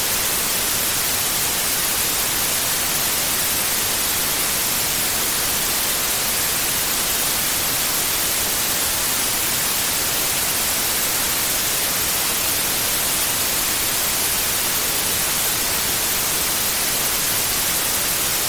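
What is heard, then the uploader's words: White noise, a steady, uniform hiss like an untuned radio or a television with no signal. It holds completely constant for the whole stretch, with no changes or separate events, dense and bright, leaning toward the high end. Genuine White Noise. It is a steady, uniform sound that resembles the hiss of a radio or the static sound of a television when there is no signal. The spectrum of white noise covers a wide range of frequencies, from low-bass tones to high-pitched frequencies.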